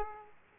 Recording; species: mosquito wingbeat signal from an infrared sensor; Aedes aegypti